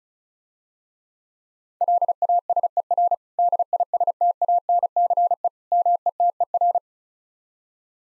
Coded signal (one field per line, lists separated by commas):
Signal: Morse code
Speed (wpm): 36 wpm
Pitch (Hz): 700 Hz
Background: none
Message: LASER DISTANCE METER